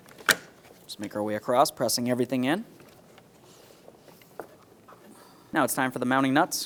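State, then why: Seated. A plastic grille is pressed into the grille mounting panel of a 2006–2012 Ford Fusion, and a sharp, loud click at 0.3 s shows its retaining clip snapping into place, seated. Someone talks, with a few faint knocks in the pauses.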